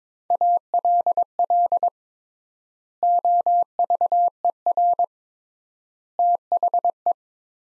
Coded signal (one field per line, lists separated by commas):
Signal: Morse code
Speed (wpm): 21 wpm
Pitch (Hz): 700 Hz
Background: none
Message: ALL OVER THE